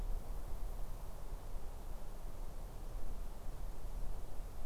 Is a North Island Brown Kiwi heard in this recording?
no